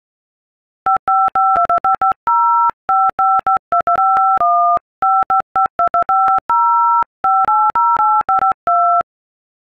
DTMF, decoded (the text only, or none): 555255055522515552250580852